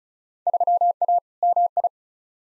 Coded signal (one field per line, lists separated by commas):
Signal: Morse code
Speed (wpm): 36 wpm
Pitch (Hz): 700 Hz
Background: none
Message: 3A MI